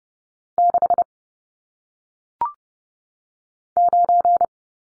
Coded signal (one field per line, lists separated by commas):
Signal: Morse code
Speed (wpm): 30 wpm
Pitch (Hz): 700 Hz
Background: none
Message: 6 9